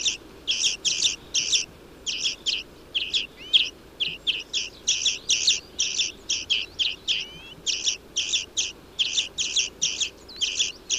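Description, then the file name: European greenfinch uttering rapid chattering chirps in short groups, almost without break, with a few rising twangy notes mixed in; quiet hiss underneath. "Chloris chloris"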